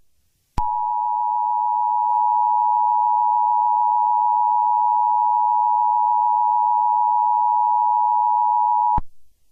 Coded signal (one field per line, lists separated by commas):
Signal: Emergency Alert System (SAME) tones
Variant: 853 and 960 Hz attention tone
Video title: EAS Scenario #8: National Periodic Test 2018 (REAL)